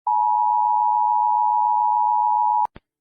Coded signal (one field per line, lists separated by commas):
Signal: Emergency Alert System (SAME) tones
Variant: 853 and 960 Hz attention tone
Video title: egypt eas alarm enhanced by ai